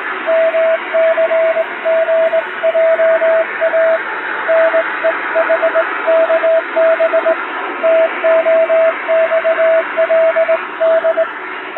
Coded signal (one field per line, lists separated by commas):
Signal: Morse code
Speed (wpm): 20 wpm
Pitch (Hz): 650 Hz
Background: radio noise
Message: MCGJA NEHKB TOXLD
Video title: 昭和の懐かしいモールス短波通信！縦振り電鍵で打つモールス電報！気持ち良い音色です。ノイズとフェージングを加えています。アマチュア無線の受信トレーニングにどうぞ morse code practice